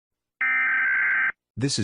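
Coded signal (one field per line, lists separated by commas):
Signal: Emergency Alert System (SAME) tones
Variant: header bursts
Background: speech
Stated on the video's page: Fictional EAS scenario, not a real alert.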